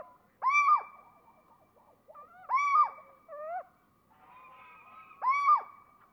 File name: Little Owl Various loud calls of pair interacting with neighbours